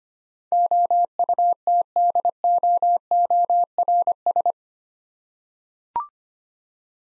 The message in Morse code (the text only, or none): OUTDOORS